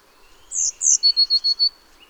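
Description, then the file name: Eurasian blue tit sounding once, two bright high notes leading into a short rapid series of five lower pulses. "Cyanistes caeruleus"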